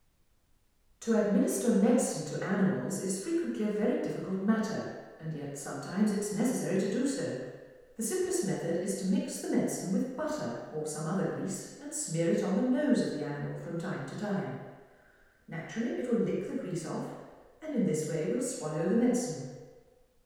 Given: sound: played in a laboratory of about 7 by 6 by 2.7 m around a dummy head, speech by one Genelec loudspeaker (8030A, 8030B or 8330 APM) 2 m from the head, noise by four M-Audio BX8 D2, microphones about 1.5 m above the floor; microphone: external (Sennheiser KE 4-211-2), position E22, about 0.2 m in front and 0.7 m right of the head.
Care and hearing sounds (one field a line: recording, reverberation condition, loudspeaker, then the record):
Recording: female speech in English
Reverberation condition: high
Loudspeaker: 90 degrees to the left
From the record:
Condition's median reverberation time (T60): about 1300 ms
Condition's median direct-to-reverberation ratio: about -4.0 dB